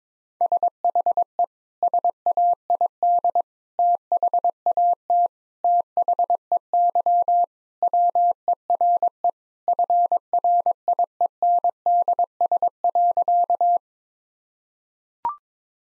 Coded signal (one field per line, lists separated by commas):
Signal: Morse code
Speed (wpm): 22 wpm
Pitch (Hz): 700 Hz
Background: none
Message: SHE SAID THAT THEY WERE FRIENDS.